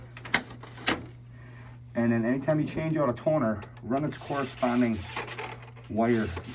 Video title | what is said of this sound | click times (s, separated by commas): Toshiba eStudio 3515AC - Introduction | put it in there until it clicks and | 0.3 s